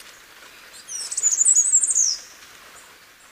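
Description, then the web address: Mountain wren song, a single high, fast rippling phrase of tumbling notes just over a second long, then quiet background. Recorded in Ecuador. "Birds of Ecuador. Mountain Wren"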